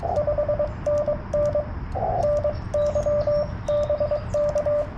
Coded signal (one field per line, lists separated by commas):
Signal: Morse code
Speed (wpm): 21 wpm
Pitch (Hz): 590 Hz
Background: radio noise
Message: 5NN NY BK